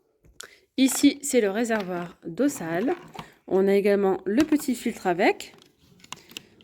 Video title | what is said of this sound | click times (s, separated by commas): 😱ACTION🔥🔥NOUVEAUTÉS 23 11.23 #actionfrance #action #nouveautéaction #actionaddict #ultenicac1 #promo | donc le réservoir d'eau propre qui se clipse juste comme ça | 0.4 s